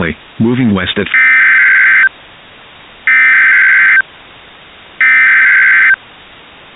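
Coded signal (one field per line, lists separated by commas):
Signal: Emergency Alert System (SAME) tones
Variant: header bursts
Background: speech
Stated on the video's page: Fictional EAS scenario in an audio drama.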